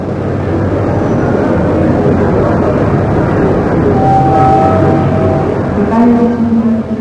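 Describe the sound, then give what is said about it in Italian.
A train pulls into a station in Florence, Italy, with a loud, steady mechanical rumble, joined in the second half by thin, sustained brake squeals at a couple of pitches. No voices are heard. “Ora il treno è a Firenze.”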